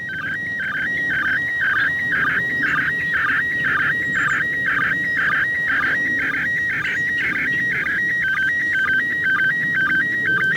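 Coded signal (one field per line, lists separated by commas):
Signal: SSTV (slow-scan television)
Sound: warbling tone stepping between two pitches with rapid regular chirping ticks, steady throughout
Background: radio static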